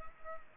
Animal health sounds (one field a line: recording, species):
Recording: mosquito wingbeat signal from an infrared sensor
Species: Culex pipiens